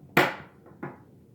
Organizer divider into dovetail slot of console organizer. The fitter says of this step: slide down until it clicks